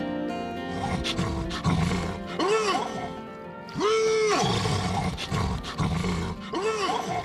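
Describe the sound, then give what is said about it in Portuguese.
A tied-up giant seahorse roars three times, each call a loud, drawn-out bellow that swells and falls in pitch, with a low rumbling noise continuing between the calls. “Cavalo marinho gigante!”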